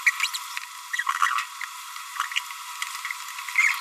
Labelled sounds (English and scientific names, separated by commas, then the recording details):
Green-rumped Parrotlet (Forpus passerinus) babbling
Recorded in a nest box in Venezuela
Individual 18B25A4